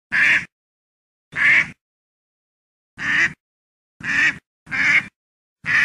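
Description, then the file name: Duck quacks, harsh nasal bursts under half a second long, given singly with pauses of varying length, six calls in all, no other sounds. "Odglosy zwierzat kaczka"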